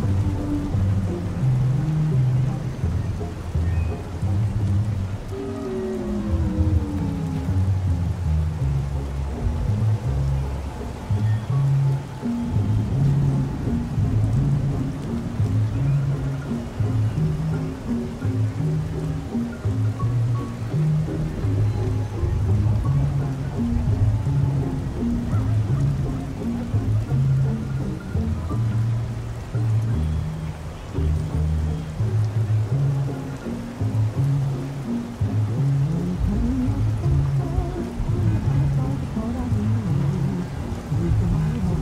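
Oldies music plays in another room, muffled so mostly its low bass and lower notes come through, walking in a steady rhythm throughout. A rising run of notes stands out around five to seven seconds. Constant traffic hiss sits underneath without pause.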